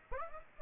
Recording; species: mosquito wingbeat signal from an infrared sensor; Aedes aegypti